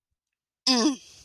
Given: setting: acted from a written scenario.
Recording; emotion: vocal sound without words; anger